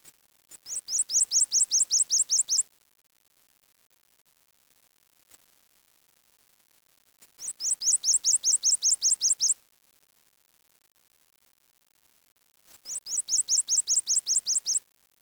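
Bird calling in three rapid bursts of high, thin, repeated notes, each burst about two seconds long, with several seconds of quiet between.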